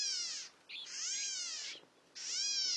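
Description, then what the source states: California Gnatcatcher mewing calls: three harsh, kitten-like notes, each slightly arched in pitch. Rare bird preferring coastal scrublands of Baja California; looks and sounds much like the black-capped gnatcatcher.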